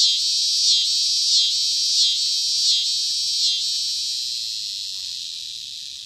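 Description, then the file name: Scissor-grinder cicada song: a continuous shrill buzz pulsing at a quick regular rhythm, the pulses stopping partway while the buzz slowly fades. "Scissor-grinder Cicada (Wild America)"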